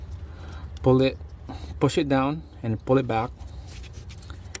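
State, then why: Released. Someone talks while the orange plastic locking tab on the crankshaft position sensor's electrical connector, on the sensor under the intake of a 2008-2020 Carava 3.6L, is pulled, pushed down and pulled back. Faint handling ticks follow at 4.1 and 4.3 s, then a sharp click at 4.6 s as the lock releases and the connector detaches.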